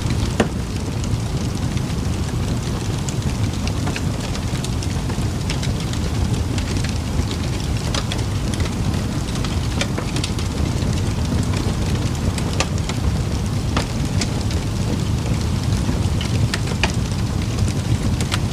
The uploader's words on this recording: Fireplace Sounds - Cozy Crackling Fire Sounds.